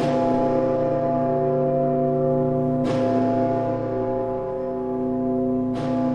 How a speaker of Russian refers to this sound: и эти колокола, когда они бьют, их звук разносится по всем окрестностям, их слышно на много километров вокруг. Колокола Ростовского Кремля, они еще и имена имеют. Самый крупный из них называется Сысой.